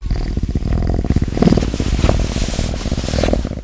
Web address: Nestle Animal Planet Land. COUGAR